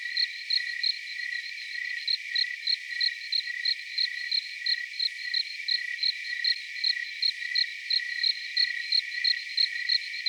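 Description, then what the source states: Cricket chirping in short high pulses about three times a second, somewhat irregular, over a steady continuous high insect hum. Cricket recorded outside.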